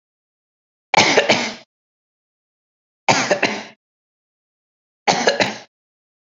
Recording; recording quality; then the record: heavy voluntary cough; excellent, no background noise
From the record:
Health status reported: COVID-19 positive, no symptoms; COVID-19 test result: positive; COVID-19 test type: RT-PCR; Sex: male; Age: 24 years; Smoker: no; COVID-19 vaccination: both doses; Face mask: not worn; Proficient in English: yes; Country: India